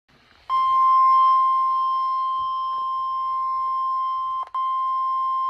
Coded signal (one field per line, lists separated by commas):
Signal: Emergency Alert System (SAME) tones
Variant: 1050 Hz attention tone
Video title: RANDOM TORNADO OUTBREAK! March 14th EAS Alerts (EAS #1,892 - 1,897)